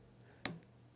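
A torque wrench set to 11 Nm tightens the shifter/cable nut on a mountain bike against a steady low hum. It gives a single sharp click at 0.45 s as it reaches the set torque, followed by a much fainter tick at 0.6 s.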